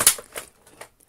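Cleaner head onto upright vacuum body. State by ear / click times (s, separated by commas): seated / 0.1 s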